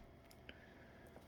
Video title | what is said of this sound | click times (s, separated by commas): Bissell CleanView ActiveWand Unboxing, Assembly, & Usage Tutorial (3536) | it back until it clicks into place | 0.5 s